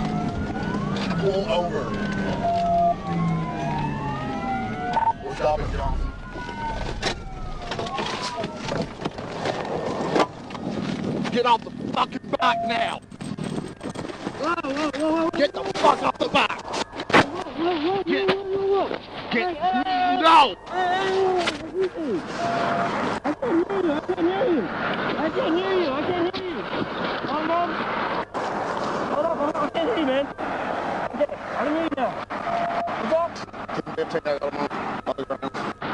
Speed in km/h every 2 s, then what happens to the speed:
74, 42, 31, 0, 0, 0, 0, 0, 0, 0, 0, 0, 0, 0, 0, 0, 0, 0.
0-6 brakes to 0. 6-36 standing.